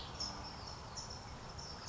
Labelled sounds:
California Towhee
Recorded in Sonoma County, California

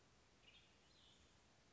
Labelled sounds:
Western Tanager
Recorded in Sonoma County, California

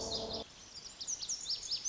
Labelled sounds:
Lazuli Bunting
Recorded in Sonoma County, California

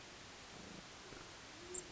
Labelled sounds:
Band-tailed Pigeon
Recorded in Sonoma County, California

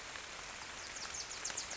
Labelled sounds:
Bewick's Wren
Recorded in Sonoma County, California

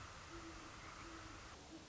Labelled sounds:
Great Horned Owl
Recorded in Sonoma County, California

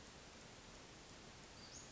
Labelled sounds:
Western Flycatcher
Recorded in Sonoma County, California

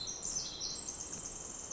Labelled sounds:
Pacific Wren
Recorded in Sonoma County, California

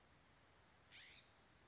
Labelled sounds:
California Scrub-Jay
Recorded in Sonoma County, California

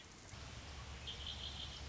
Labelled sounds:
Red-winged Blackbird
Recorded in Sonoma County, California

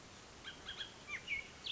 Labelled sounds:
Bullock's Oriole
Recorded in Sonoma County, California

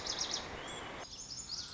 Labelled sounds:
Lazuli Bunting
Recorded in Sonoma County, California

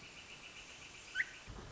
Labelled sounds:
Northern Flicker
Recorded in Sonoma County, California

